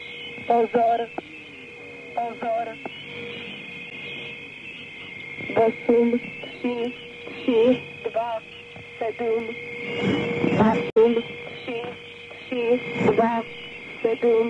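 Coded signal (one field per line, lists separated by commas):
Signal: numbers station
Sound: short, evenly spaced spoken words over a faint steady tone and radio hiss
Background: radio static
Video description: Soundtrack is a numbers station recording from the Conet Project.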